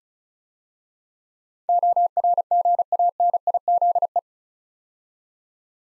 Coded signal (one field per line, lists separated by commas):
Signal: Morse code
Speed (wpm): 36 wpm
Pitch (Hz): 700 Hz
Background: none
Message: ORGANIZE